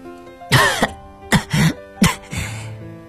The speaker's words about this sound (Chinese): 他不断地咳嗽着，额头上的鲜血和眼中的泪水一并滴落，溅起一簇红黑色的泥珠。他四肢撑在地上，低下头，渐渐不动了。